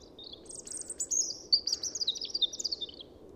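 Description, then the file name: European robin singing a single long phrase that opens with very high thin notes, then tumbles into fast, tinkling twittering trills that slowly drop in pitch. "Erithacus rubecula"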